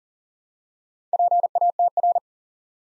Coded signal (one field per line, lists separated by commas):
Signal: Morse code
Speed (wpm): 40 wpm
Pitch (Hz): 700 Hz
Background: none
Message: PATR